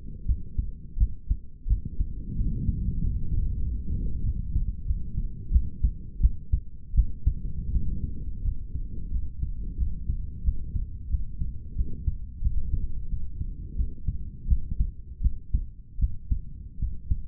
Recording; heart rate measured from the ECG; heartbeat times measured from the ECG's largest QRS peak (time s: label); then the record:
heart sounds by stethoscope; 87 bpm
0.25 s: heartbeat
0.97 s: heartbeat
1.67 s: heartbeat
2.35 s: heartbeat
2.99 s: heartbeat
3.61 s: heartbeat
4.23 s: heartbeat
4.85 s: heartbeat
5.51 s: heartbeat
6.20 s: heartbeat
6.94 s: heartbeat
7.71 s: heartbeat
8.43 s: heartbeat
9.10 s: heartbeat
9.77 s: heartbeat
10.43 s: heartbeat
11.09 s: heartbeat
11.75 s: heartbeat
12.41 s: heartbeat
13.08 s: heartbeat
13.75 s: heartbeat
14.47 s: heartbeat
15.21 s: heartbeat
15.99 s: heartbeat
16.79 s: heartbeat
From the record:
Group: healthy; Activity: rest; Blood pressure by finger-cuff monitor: 108/86 mmHg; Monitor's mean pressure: 92 mmHg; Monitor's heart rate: 87 bpm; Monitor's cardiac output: 6 L/min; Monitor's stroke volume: 69 mL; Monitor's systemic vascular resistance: 1130 dyn s/cm5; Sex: male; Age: 21 years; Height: 170 cm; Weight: 71 kg